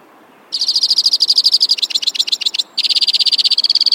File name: suara-kicauan-burung-white-winged-crossbill 3-omkicau